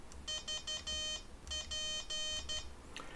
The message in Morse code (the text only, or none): VP